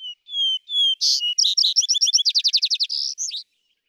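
Vesper sparrow song: a few drawn-out whistled notes, then a louder burst and a rapid run of sweet trilled notes, closing with a brief flourish. No other sounds.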